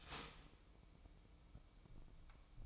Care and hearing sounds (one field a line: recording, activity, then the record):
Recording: daily activity, microphone in the room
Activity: start toaster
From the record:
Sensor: 1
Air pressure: 1007.1 hPa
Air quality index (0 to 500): 74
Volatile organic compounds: 1 ppm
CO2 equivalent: 655 ppm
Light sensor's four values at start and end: 9/21/9/10 and 9/21/8/10